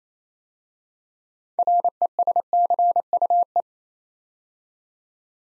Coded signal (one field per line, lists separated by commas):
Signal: Morse code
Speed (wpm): 27 wpm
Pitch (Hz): 700 Hz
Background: none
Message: RESCUE